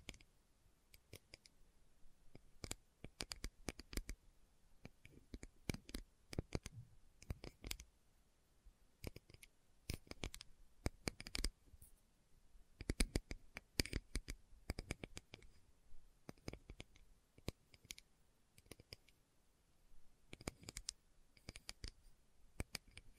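Slow ASMR tapping: sharp, crisp taps land in loose clusters with brief pauses between, sometimes single, sometimes in quick little runs of two or three. Each tap is short and bright with a clicky edge, over a quiet, faintly hissy background.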